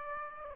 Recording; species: mosquito wingbeat signal from an infrared sensor; Aedes aegypti